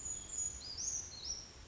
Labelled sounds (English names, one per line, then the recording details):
Brown Creeper
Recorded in Sonoma County, California